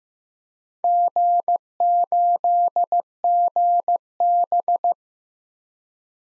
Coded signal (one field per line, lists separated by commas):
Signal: Morse code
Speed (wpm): 15 wpm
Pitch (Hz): 700 Hz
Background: none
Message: G8GB